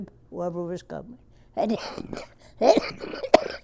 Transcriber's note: coughs